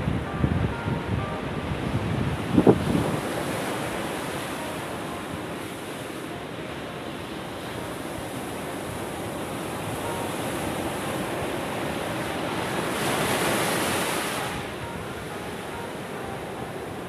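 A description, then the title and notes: Ocean waves wash steadily onto the shore, a dense, continuous rush with a louder surge near the start and another swelling hiss around thirteen to fifteen seconds. A brief thump sounds at about three seconds, and wind buffets the microphone underneath. Sound of the Ocean at evening. Danang, Vietnam.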